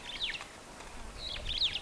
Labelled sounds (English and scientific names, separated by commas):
Superb Starling (Lamprotornis superbus) flight call